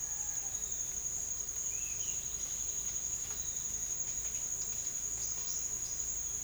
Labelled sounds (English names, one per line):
none